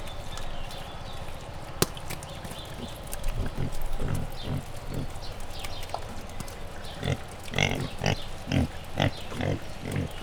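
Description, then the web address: Wild boar piglets giving short, rough grunts in irregular bursts, busiest toward the end, over low rumbling background noise. Piglets, captive in a zoo in Jászberény, Hungary, recorded in 2015. "jaszberenyizoo. vaddiszno malacok"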